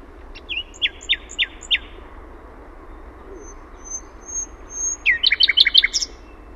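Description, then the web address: Common nightingale singing, a few short clear notes repeated, a thin drawn-out whistle, then a quick burst of sharp rising and falling notes. Own recording made in Finland. "OMAT AANITYKSET ETELAN SATAKIELI"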